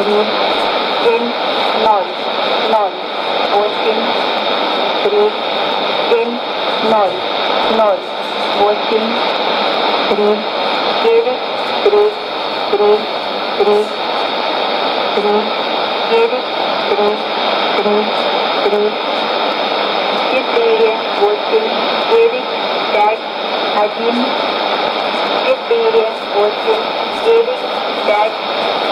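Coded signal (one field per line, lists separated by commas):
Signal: numbers station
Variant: S06s, Russian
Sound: single spoken digits read slowly in groups, buried in heavy shortwave hiss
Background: radio static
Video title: 18 08 2015 Numbers Station S06s in Russian 1014 on 5660 CUSB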